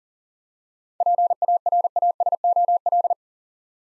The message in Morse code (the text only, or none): PARASOL